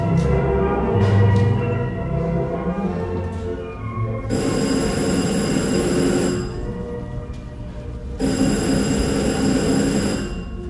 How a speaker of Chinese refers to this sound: 电话又来了，弗朗克先生，你听见了吗？ 我听到了， 已经是第三次了，弗朗克先生，第三次了，这是信号，密普正在设法跟我们联系呢。